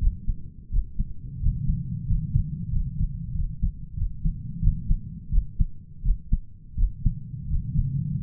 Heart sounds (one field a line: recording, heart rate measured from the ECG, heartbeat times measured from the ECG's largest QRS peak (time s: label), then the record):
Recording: heart sounds by stethoscope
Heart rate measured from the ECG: 88 bpm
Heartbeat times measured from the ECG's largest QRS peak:
0.71 s: heartbeat
1.41 s: heartbeat
2.07 s: heartbeat
2.71 s: heartbeat
3.34 s: heartbeat
3.96 s: heartbeat
4.61 s: heartbeat
5.31 s: heartbeat
6.03 s: heartbeat
6.76 s: heartbeat
7.49 s: heartbeat
8.20 s: heartbeat
From the record:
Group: healthy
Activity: rest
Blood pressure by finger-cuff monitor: 126/73 mmHg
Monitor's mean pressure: 89 mmHg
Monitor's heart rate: 85 bpm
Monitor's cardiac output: 8.5 L/min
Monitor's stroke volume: 96 mL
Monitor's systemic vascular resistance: 800 dyn s/cm5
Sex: male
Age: 33 years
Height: 179 cm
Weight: 80.4 kg